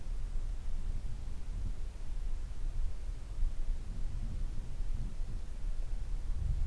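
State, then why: Not seated. The plastic lid of an ASUS laptop's bottom case is slid in, tongue first on the left side, and lined up against the top case before latching. Only a steady low rumbling hiss with faint soft handling sounds is heard, with no sharp transients. Nothing has clicked into place yet.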